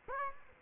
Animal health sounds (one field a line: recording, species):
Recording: mosquito wingbeat signal from an infrared sensor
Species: Aedes aegypti